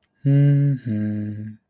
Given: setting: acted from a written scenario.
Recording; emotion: vocal sound without words; neutral